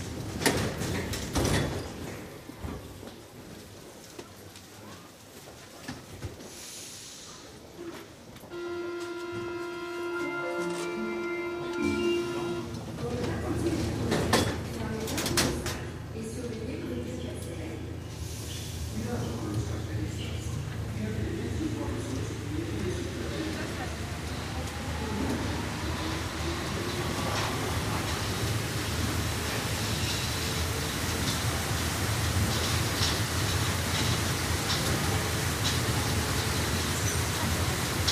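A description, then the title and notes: A metro ride through Paris: a stopped train with chatter and clunks, then a sustained electronic door-warning tone around eight to twelve seconds and the doors shutting. The train then pulls away, its low rumble and rising motor whine building steadily. The whole metro trip from station République to station Rambuteau in Paris.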